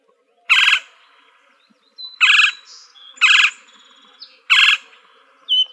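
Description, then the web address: Gila woodpecker giving several harsh, rasping calls about a second apart, with faint thin high notes between. Recorded in Arizona on 24 April 2004. "Woodpeckers AZFO GIWO deviche 042404"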